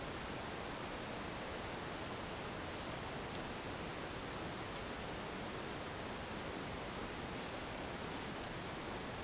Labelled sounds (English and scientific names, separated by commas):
none